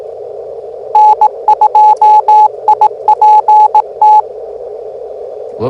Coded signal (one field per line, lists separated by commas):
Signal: Morse code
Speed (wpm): 18 wpm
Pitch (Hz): 850 Hz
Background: speech, radio noise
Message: N2IPT